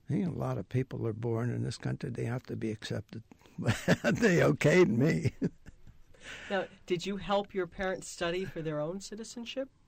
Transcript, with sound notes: A lot of people are born in this country, they have to be accepted. Well, they okayed me. ( he laughs )
Did you help your parents study for their own citizenship